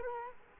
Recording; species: mosquito wingbeat signal from an infrared sensor; Culex quinquefasciatus